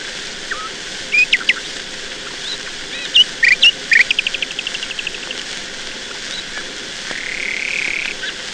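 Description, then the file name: Nightingale song: a few sharp notes, then a fast series of repeated notes that fades, ending in a drawn-out buzzy phrase, over a steady hiss. "Solovei"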